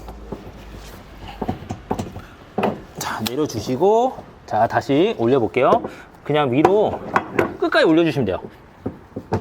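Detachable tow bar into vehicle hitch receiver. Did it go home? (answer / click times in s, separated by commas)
no / none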